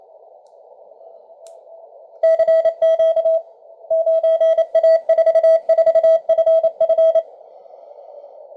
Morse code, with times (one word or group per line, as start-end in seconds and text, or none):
2.2-3.4 CQ
3.9-7.2 9A44FF